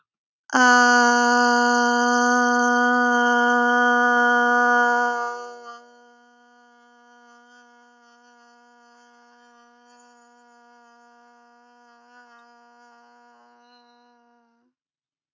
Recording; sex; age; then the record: vowel held as long as possible; female; 20 to 29 years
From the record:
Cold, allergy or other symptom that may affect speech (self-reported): no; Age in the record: 25 years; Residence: Massachusetts, United States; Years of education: 17